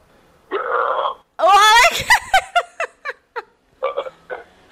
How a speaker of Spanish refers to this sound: Bueno. Muy bien, este ya ha sido un buen eructo